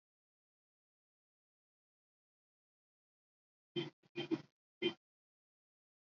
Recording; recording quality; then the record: deep breathing; poor, much background noise or distortion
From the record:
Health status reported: recovered from COVID-19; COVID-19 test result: negative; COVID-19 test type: RT-PCR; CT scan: not taken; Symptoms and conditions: cough, cold, sore throat, fever, fatigue, muscle pain, loss of smell and taste, diarrhoea, asthma, diabetes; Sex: female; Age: 32 years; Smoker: no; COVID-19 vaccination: both doses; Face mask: worn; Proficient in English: yes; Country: India